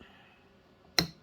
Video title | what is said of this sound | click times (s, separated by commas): X10 Index Arm Bearing Replace | There. You hear that click in? | 1.0 s